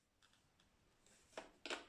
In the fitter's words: en fait ça s'emboîte et